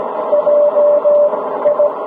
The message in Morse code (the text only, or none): JI